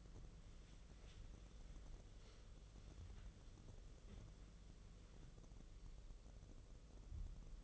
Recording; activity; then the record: daily activity, microphone in the room; wipe stove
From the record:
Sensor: 4